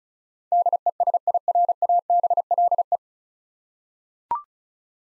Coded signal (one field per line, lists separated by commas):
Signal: Morse code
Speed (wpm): 36 wpm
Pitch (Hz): 700 Hz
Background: none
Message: DESIRABLE